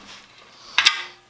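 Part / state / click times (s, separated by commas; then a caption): nut on a wheel stud in an axle flange / stripped / none. A ratchet tightens a steel nut onto a wheel stud in the axle flange of a Ford 9-inch axle housing, with the ratchet clicking repeatedly and two sharp, bright bursts standing out around 0.8 and 0.9 seconds over a quiet background. Nothing seats or clicks into place: the nut strips while ratcheting, its thread stripped, or possibly the stud's.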